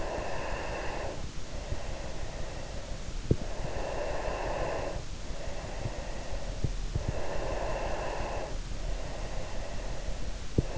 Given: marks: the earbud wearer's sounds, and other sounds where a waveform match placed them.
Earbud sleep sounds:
sounds in sleep by an in-ear microphone; breath
0.00-3.18 s: breath
3.44-7.02 s: breath
7.28-10.78 s: breath

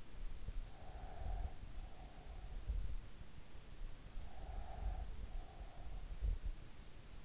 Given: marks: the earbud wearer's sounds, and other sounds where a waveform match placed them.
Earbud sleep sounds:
sounds in sleep by an in-ear microphone; breath
0.73-2.72 s: breath
4.39-6.32 s: breath

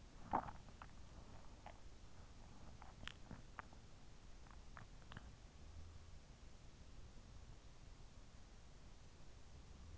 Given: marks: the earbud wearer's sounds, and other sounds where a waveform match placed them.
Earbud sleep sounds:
sounds in sleep by an in-ear microphone; swallowing
0.00-0.84 s: swallowing

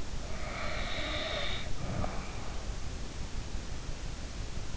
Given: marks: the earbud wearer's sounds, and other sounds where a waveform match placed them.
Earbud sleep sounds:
sounds in sleep by an in-ear microphone; snoring breath
0.30-2.43 s: snoring breath

